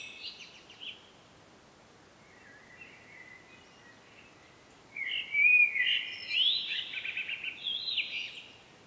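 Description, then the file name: Common blackbird song, faint scratchy notes at first, then a louder burst of fluty warbling with high twittering squeaks in the second half. "Turdus merula"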